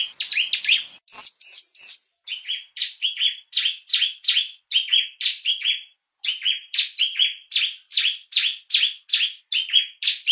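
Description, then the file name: Bar-winged prinia starting with chattering notes, then many sharp chirps in a steady, rapid series. Lure call, used to attract birds. "suara pikat burung ciblek"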